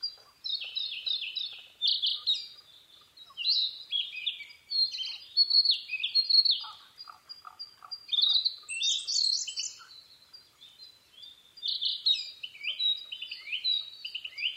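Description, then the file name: Narcissus flycatcher song: varied, fast whistled and warbled phrases, many sharply rising and falling notes, sung almost continuously, with soft low pulsed notes in between. Recorded 15 May 2011 at 04:10. "koruri kibitaki-20110515-0410"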